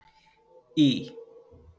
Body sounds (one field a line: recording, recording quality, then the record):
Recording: sustained vowel as in beet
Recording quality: excellent, no background noise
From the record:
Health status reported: healthy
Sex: male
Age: 23 years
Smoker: no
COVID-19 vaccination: both doses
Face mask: not worn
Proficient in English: yes